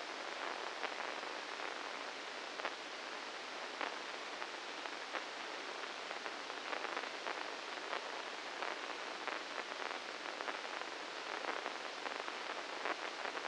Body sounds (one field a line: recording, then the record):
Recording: brain microelectrode recording played as sound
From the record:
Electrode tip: inside the subthalamic nucleus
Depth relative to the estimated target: -2 mm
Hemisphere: left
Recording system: NeuroSet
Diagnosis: Parkinson's disease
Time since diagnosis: 9 years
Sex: male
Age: 61 years